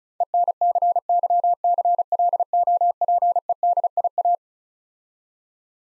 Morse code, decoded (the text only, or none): ENCYCLOPEDIA